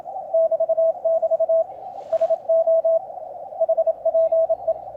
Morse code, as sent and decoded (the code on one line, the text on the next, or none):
-...- -...- / ... --- / .... .--. .
<BT><BT> SO HPE